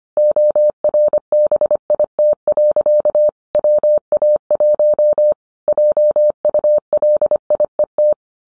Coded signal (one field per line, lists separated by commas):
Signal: Morse code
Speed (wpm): 25 wpm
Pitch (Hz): 600 Hz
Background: none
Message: ORBIT. WA1 JULIET